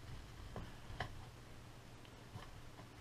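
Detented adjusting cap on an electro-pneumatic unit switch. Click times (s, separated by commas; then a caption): 0.6 s, 1.0 s, 2.1 s. A detented adjusting cap, fitted on top of a Metropolitan Vickers / GEC electro-pneumatic unit switch from a preserved electric train, is turned down all the way and then backed off to the last click and left there. Sharp detent clicks sound at 0.6, 1.0 and 2.1 seconds against a low steady hum, with fainter ticks between them. The cap seats at its last detent click.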